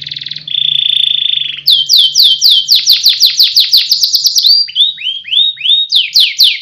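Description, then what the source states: Canary singing a steady buzzing tone, then a fast series of sharply descending whistled notes, slowing into looping downslurred phrases and quickening again. Competition canary, national champion singer, song used as a master recording for training other canaries.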